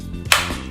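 The plastic base of a Rossmont Riser RX multi-usage aquarium return pump is slid onto its mount over a steady low hum. A soft sliding bump comes at about 0.3 s, followed immediately by a single sharp, loud click at 0.3 s as the base locks into place and is seated.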